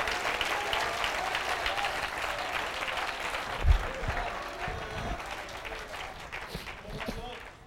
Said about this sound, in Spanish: Un aplauso al Señor con alabanza.